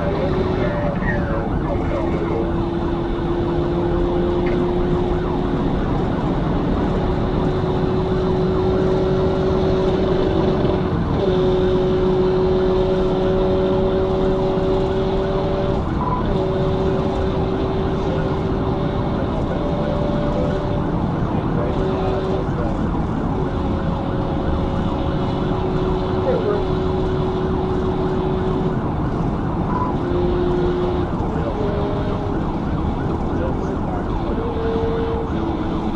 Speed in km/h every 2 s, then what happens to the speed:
122, 119, 126, 138, 134, 121, 124, 134, 130, 135, 137, 127, 127, 130, 130, 121, 114, 106.
2-5 speeds up to 138. 8-11 brakes to 121. 11-14 speeds up to 134. 14-20 steady at about 134. 20-22 brakes to 127. 22-28 steady at about 127. 28-33 brakes to 106.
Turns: none.